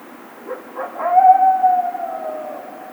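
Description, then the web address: Coyote howling: a few short rising yips lead into one long, steady, slightly wavering howl that slowly falls and fades. Howling, recorded 28 March 2010. "Coyote 2010 03 28 01 howl"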